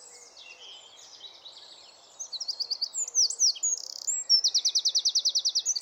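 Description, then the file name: Eurasian wren singing: quiet high notes, then a burst of loud piercing phrases and a long, fast, even trill to the finish. "Troglodytes troglodytes"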